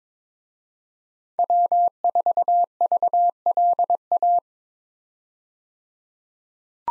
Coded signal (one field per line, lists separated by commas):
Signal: Morse code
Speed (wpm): 21 wpm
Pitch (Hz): 700 Hz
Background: none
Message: W4VLA